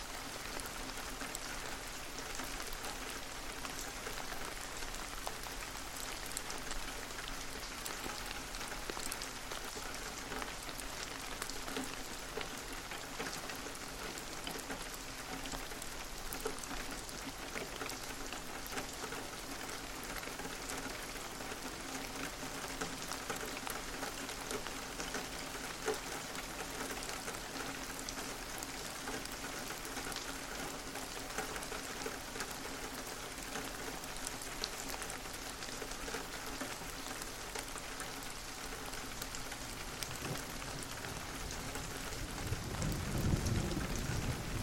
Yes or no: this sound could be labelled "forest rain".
yes